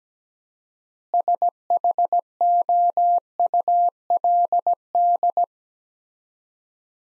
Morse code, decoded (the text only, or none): SHOULD